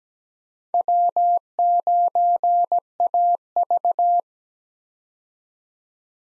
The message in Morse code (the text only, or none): W9AV